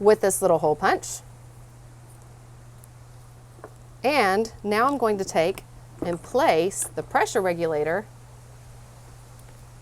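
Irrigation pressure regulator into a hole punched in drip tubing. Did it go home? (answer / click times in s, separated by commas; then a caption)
no / none. A plastic irrigation pressure regulator is lined up over a freshly punched hole, made with a small hole punch, in drip tubing, while someone talks. Two faint, brief ticks occur at about 2.8 and 3.6 seconds during a pause in the talking. The regulator has not snapped in yet.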